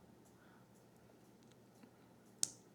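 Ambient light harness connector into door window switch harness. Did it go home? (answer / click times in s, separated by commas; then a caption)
yes / 2.4 s. A plastic multi-pin connector on an ambient light harness is pushed into the window switch harness of a GX door. Over a quiet low background with a faint tick near 1.5 s, a single sharp click at 2.4 s marks the connector snapping into place and seating.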